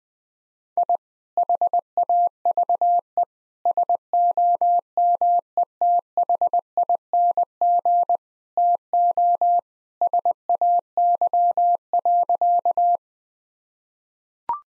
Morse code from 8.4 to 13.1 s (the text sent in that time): TO SAY.